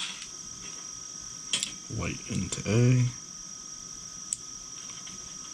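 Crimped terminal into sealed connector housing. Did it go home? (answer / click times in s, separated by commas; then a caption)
yes / 4.3 s. A crimped terminal on a white lead is pushed into cavity A of a weatherproof plastic Weatherpack connector housing for a Revmaster CDI ignition, with wires doubled up in the connector. Someone talks and a couple of faint clicks are heard early on. The terminal then snaps home with a sharp click at 4.3 s, seated.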